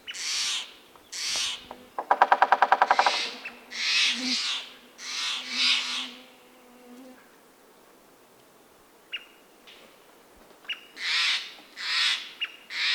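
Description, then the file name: American Three-toed Woodpecker giving harsh, raspy calls in short bursts, with a quick rapping drum-like roll of about a dozen taps partway through and a quiet pause. "American Three-toed Woodpecker - Picoides dorsalis"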